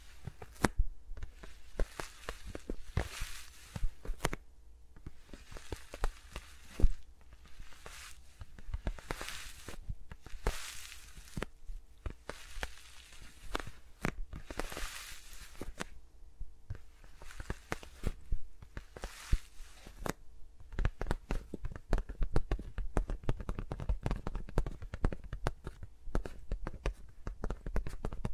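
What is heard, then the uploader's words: Fingers rub and tap against microphones in irregular bursts of crackly, bright rustling, with sharp clicks growing denser and busier after twenty seconds. ASMR with Mics Around My Fingers (No Talking).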